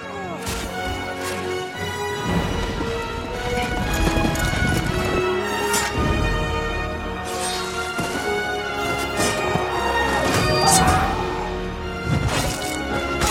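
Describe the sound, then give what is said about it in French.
A dense, loud battle scene from a film soundtrack: swords striking and piercing bodies with wet spurts of blood, mixed with galloping hooves, crashes and heavy blows over sustained tonal drones, the clamor continuous throughout. “Si la description d'Homère ne suffisait pas, voici la précision par 3, la bande originale du film 3, où on entend effectivement des giclements de sang et des épées qui transpercent le corps.”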